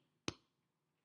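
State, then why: Seated. A cap is pushed down onto a plastic school glue bottle to close it. It snaps shut with a single sharp click at 0.3 s, followed by a short fading tail and then near silence. The cap is seated and the bottle is closed, which keeps the glue from drying out.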